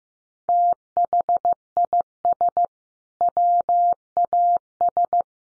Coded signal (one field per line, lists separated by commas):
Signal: Morse code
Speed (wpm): 15 wpm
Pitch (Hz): 700 Hz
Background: none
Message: THIS WAS